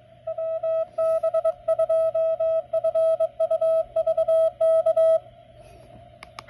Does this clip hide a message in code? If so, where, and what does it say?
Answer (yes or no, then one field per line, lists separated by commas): yes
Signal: Morse code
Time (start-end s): 0.3-5.2 s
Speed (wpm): 22 wpm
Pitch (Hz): 650 Hz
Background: none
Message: WB2FUV K